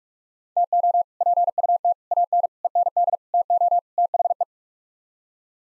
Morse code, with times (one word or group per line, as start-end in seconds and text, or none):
0.6-1.0 TO
1.2-1.9 PUT
2.1-2.5 AN
2.6-3.2 END
3.3-3.8 TO
4.0-4.4 THE